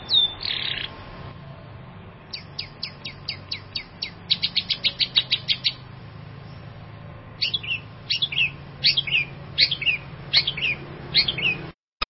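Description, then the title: Long-tailed shrike singing in irregular bursts of quick, high, clipped notes separated by pauses, with a few slurred chirps near the end. Champion singing bird. "Kicau Burung Cendet Juara"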